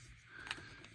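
A matching plastic part is pressed into the other side of a Hasbro Transformers Studio Series 87 Bonecrusher (Constructicon) action figure. It seats with a sharp snap at 0.5 s, followed by a fainter tick at 0.8 s, and the part is in place.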